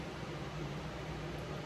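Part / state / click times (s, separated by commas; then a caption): pen barrel and bottom piece of a sublimation pen / not seated / none. Someone picks up a sublimated plastic pen barrel and its bottom piece and lines them up before pushing them together. Only a steady, broadband background hum is heard, with no sudden sounds. Nothing has seated or clicked yet.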